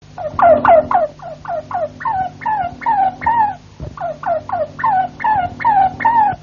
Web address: ~joaopt canarios cantoharz